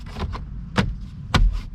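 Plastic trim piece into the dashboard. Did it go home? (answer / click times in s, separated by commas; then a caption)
yes / 1.3 s. A plastic dashboard trim piece on a 2015–2019 Sonata, fitted during an AC vent replacement, is pressed into the dashboard over a low background rumble. A sharp snap comes at 0.8 s, and a louder, crisper click at 1.4 s as the piece clips into place. The trim piece is seated.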